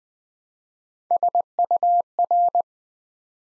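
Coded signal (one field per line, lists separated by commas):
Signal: Morse code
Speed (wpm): 20 wpm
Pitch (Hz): 700 Hz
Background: none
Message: SUR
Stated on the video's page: Morse code practice at 20 wpm, building 3- to 5-letter words one letter at a time, for instant character recognition.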